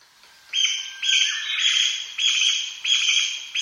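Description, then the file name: Chinese bamboo partridge song: loud, harsh, strident phrases repeated in quick succession, each a grating burst. "kojukei"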